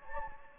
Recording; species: mosquito wingbeat signal from an infrared sensor; Anopheles gambiae